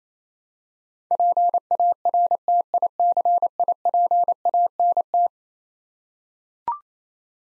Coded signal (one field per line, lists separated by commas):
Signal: Morse code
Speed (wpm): 28 wpm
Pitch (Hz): 700 Hz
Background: none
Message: PARTICIPANT